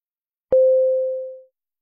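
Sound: phone call ringing tone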